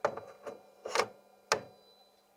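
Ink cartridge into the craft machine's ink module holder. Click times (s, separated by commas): 1.5 s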